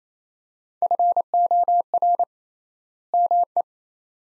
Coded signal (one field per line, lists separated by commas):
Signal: Morse code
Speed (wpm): 28 wpm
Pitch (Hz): 700 Hz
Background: none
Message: FOR ME